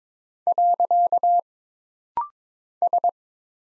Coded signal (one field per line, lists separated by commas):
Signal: Morse code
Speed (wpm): 22 wpm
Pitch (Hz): 700 Hz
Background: none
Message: . S